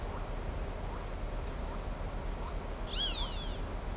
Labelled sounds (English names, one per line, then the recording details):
Roadside Hawk
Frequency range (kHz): Roadside Hawk 1.1-5.2 kHz
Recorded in shrubland near Pivijay, Magdalena, Colombia, on 5 June 2023 at 18:30
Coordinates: 10.453, -74.365
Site P5-G022